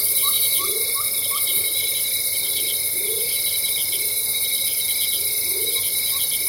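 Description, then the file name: Insect chorus: continuous high-pitched buzzing and a steady shrill whine, with quick short chirps in brief bursts and occasional soft rising low calls beneath. Loud insects in tropical rainforest ambience, Venezuela. "felix blume nature tropical rainforest ambience venezuela loud insects"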